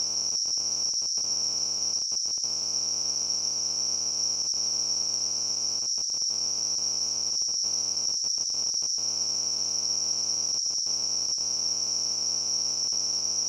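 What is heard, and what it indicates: A steady, high-pitched, cricket-like ringing hiss runs throughout at constant loudness, over a faint even buzzing drone, with no pauses or change. This is a simulation of tinnitus, the phantom ringing or buzzing a person hears without any outside sound.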